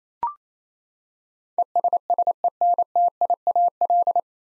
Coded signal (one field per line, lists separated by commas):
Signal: Morse code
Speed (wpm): 28 wpm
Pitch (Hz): 700 Hz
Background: none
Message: ESSENTIAL